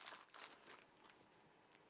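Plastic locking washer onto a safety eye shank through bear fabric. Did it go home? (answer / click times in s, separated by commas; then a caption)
no / none. A plastic backing washer is picked up and lined up on the shank of a safety eye pushed through bear fabric, ready to be pushed home. Soft crinkling and rustling handling noises are heard, with small sharp taps at about 0.1, 0.4, 0.4, 1.1 and 1.8 seconds. The washer has not clicked or seated yet.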